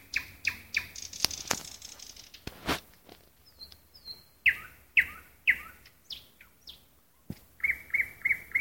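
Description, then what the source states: Nightingale song, loud and varied, with sharp chirps, swept whistled notes and a closing run of quick repeated notes, phrases following one another with brief pauses. Song at night in a park.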